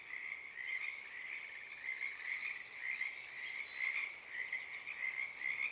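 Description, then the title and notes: Pacific tree frog chorus with distinct repeated croaks over a softer trill, plus a brief burst of high chirping notes in the middle. Wild chorus starting and stopping, field recording, Oaks Bottom Wildlife Refuge, Portland, Oregon, USA, morning of Friday April 7 2023; calling uncommon at that time of day. "Oaks Bottom Frogs. Friday April 7th, 2023 at one of my favorite places in the universe: Oaks Bottom Wildlife Refuge, Portland, Oregon USA. This is the chorus of the Pacific Tree Frog starting and stopping. Field Sound"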